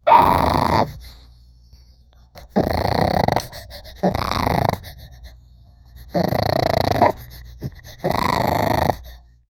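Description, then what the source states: Dog growling in five rough bursts of about a second each, separated by pauses. Puppy; described as a vicious growl.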